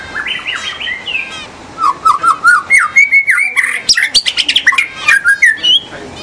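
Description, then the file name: White-rumped shama song, continuous loud medley of clear whistles, slurred downward notes and fast buzzy trills, changing phrase after phrase. In the forest. "murai batu di hutan"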